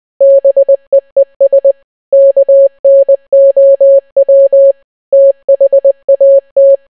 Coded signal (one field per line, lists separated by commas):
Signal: Morse code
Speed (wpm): 20 wpm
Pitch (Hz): 550 Hz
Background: none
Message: BEES KNOW THAT